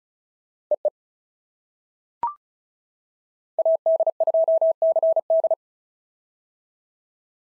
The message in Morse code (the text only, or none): EE AD2CD